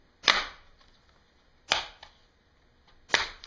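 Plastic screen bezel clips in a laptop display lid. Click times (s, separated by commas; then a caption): 0.3 s, 1.7 s, 3.1 s. Fingers pull the inner edge of the plastic screen bezel (trim ring) out from the display lid of an HP Pavilion G7-1073nr laptop. Its clips snap free with sharp, harsh cracks at 0.3, 1.7 and 3.1 seconds, with fainter ticks in between. The bezel is released, and the loud snapping is no problem.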